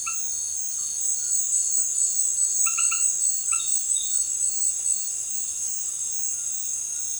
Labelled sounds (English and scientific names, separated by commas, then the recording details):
none
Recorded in dense forest near Puerto Asís, Putumayo, Colombia, on 19 February 2024 at 18:30
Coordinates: 0.505, -76.324
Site G6467